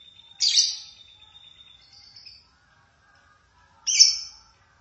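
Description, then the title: Lovebird calls, two sharp high shrieking notes a few seconds apart, the first trailing into a thin steady whistle, with a soft brief chirp between. "BM Suara Burung Lovebird"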